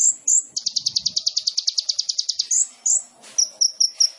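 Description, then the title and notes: Sunbird singing two slurred high notes, then a long rapid trill of even pulses, more slurred notes and a series of sharp chips at regular intervals. Indonesian masteran songbird training recording of a gacor (actively singing) kolibri ninja, full of isian (fill notes) and tembakan (bursts), intended as a lure (pancingan). "MASTERAN KOLIBRI NINJA TERBAIK FULL ISIAN DAN TEMBAKAN MEWAH COCOK BUAT PANCINGAN. Suara Burung Kolibri Ninja Gacor"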